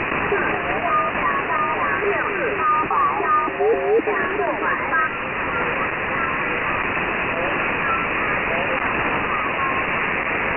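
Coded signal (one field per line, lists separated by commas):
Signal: numbers station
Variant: VC01 Chinese Robot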